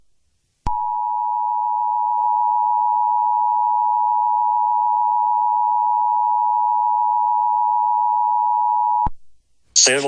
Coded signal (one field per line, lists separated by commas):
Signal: Emergency Alert System (SAME) tones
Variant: 853 and 960 Hz attention tone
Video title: EAS Comedy: Perverted Reindeer Alert